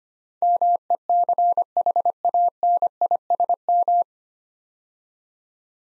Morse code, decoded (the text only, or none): MECHANISM